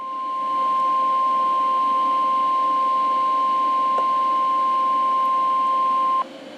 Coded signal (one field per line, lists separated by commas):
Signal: Emergency Alert System (SAME) tones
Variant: 1050 Hz attention tone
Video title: All Alerts on NOAA Weather Radio for June 17th, 2022 (EAS # 45-49)